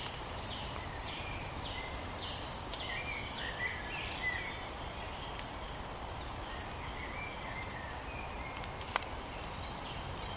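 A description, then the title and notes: Spring rain makes a steady, soft patter outdoors while birds call over it, short bright notes and chirps repeating through the first half and thinning later. A single sharp tap stands out near the nine-second mark. The start of spring in South Wales. The first inklings of spring are stirring in the Rhymney Valley in South Wales. Spring rain and birdsong spiral down.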